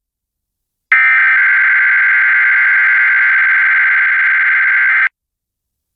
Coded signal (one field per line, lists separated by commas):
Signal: Emergency Alert System (SAME) tones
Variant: header bursts